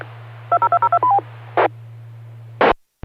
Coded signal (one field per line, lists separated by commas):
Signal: DTMF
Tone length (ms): 70 ms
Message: 20202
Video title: Friday Night Fun Net | Amateur Radio Worldwide Live Stream Radio | KD9MED